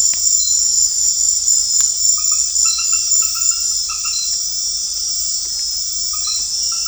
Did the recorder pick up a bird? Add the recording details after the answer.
no. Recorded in secondary vegetation near Puerto Asís, Putumayo, Colombia, on 28 February 2025 at 21:00. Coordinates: 0.484, -76.319. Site G010